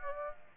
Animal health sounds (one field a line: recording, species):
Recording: mosquito wingbeat signal from an infrared sensor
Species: Aedes aegypti